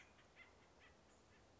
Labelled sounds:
Acorn Woodpecker (Melanerpes formicivorus)
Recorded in Sonoma County, California

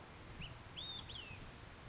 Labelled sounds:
Olive-sided Flycatcher (Contopus cooperi)
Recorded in Sonoma County, California

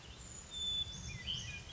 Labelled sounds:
Brown Creeper (Certhia americana)
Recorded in Sonoma County, California

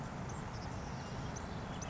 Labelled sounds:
Savannah Sparrow (Passerculus sandwichensis)
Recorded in Sonoma County, California

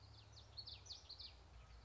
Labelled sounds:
Common Yellowthroat (Geothlypis trichas)
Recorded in Sonoma County, California

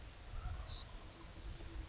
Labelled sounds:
Savannah Sparrow (Passerculus sandwichensis)
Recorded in Sonoma County, California

